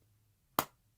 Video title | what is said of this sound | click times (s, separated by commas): Slow sew Sew with me...a cravat by hand. relaxing asmr with Australian accent | makes that nice little click | 0.6 s